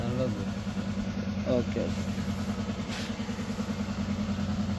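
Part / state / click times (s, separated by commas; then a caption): lock clip on a vehicle axle / not seated / none. A lock (retaining clip) is fitted onto a vehicle's axle during a suspension and timing belt job, with someone talking over a steady low idling engine hum. Nothing has seated or clicked yet.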